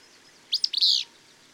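Bird song: a few short high notes leading into a longer, sustained phrase.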